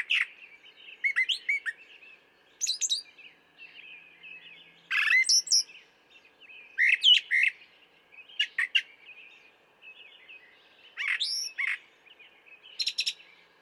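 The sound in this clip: Brown thrasher singing a rapid run of varied phrases, chirpy, slurred and buzzy notes often doubled, with a constant faint whine underneath.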